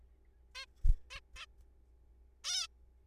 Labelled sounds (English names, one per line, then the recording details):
Zebra Finch
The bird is a juvenile
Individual R3428